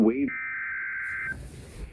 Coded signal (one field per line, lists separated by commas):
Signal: Emergency Alert System (SAME) tones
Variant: header bursts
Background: speech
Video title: A Severe Thunderstorm Warning (EAS #42)